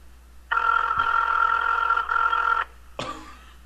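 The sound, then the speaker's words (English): A loud electronic phone ringtone plays a sustained, buzzy, harmonic-rich tone for about two seconds with a brief dip in the middle, then a short final burst after a pause. “I like how this ringtone sounds like someone throwing up.”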